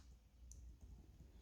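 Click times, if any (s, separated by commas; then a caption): 0.5 s. A laptop keycap, cleaned after a spill, is pressed back onto its scissor clip on the keyboard. A single sharp, bright click at 0.5 seconds marks the keycap snapping into place over a low hum. The key is seated and works again.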